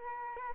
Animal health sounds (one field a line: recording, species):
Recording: mosquito wingbeat signal from an infrared sensor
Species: Aedes albopictus